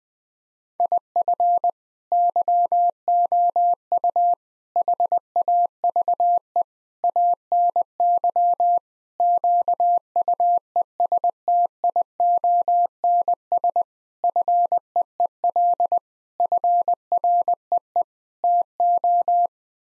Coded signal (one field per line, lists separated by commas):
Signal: Morse code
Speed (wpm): 20 wpm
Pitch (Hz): 700 Hz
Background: none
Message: IF YOU HAVE ANY QUESTIONS FEEL FREE TO